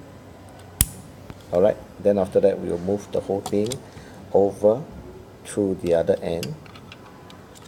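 A robot kit cable plug is pushed into a port on the brick or motor and clicks into place with a sharp, loud snap at 0.8 s, showing it is seated. Someone then talks, with a few faint ticks near the end.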